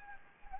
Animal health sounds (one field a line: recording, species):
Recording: mosquito wingbeat signal from an infrared sensor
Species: Anopheles gambiae